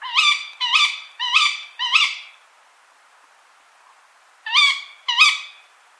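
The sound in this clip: Tawny owl calls, sharp squeaky rising notes, four in quick succession, then a pause and two more.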